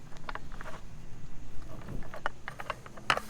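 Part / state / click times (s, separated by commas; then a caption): aluminum support bar into folding table frame mounts / seated / 2.3 s, 3.1 s. The first aluminum support bar of a folding camp table is pushed onto its frame mounts, with several small taps and knocks along the way. Sharp clicks at 2.3 s and 3.1 s mark the bar seating on each side, and it is confirmed clicked into place.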